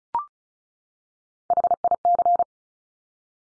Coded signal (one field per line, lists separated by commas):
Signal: Morse code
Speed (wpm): 36 wpm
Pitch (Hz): 700 Hz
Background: none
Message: HIC